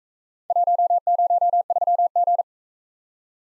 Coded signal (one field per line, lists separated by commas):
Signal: Morse code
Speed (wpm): 44 wpm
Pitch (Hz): 700 Hz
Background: none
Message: 103G